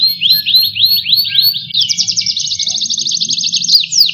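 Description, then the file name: Canary song: several slurred, swooping notes followed by a rapid, even rolling trill lasting a few seconds, with low background hum. Domestic Mahadewi canary. "audio kenari mahadewi omkicau"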